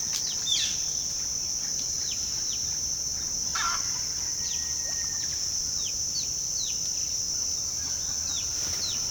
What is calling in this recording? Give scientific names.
Cyanocorax violaceus, Psarocolius angustifrons